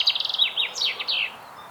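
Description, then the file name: Common chaffinch song fragment: a short run of quick, high chirping notes in descending groups, closing with a downward-sweeping flourish; no other clear sounds. "Fringilla coelebs"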